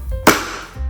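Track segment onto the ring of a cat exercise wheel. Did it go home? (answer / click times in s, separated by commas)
yes / 0.3 s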